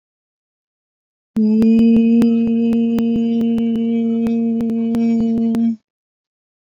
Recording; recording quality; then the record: sustained vowel as in made; excellent, no background noise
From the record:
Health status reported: COVID-19 positive, no symptoms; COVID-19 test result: positive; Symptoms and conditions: none ticked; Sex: female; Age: 31 years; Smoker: not ticked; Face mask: not worn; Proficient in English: yes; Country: India